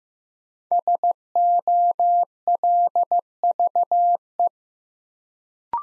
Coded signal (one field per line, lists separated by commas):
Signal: Morse code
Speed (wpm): 15 wpm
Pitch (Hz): 700 Hz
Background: none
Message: SOLVE